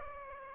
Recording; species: mosquito wingbeat signal from an infrared sensor; Aedes aegypti